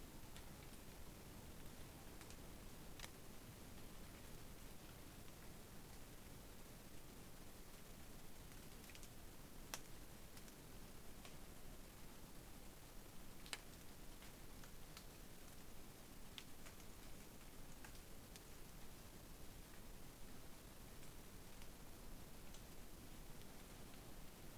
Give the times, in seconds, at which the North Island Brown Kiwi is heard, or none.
none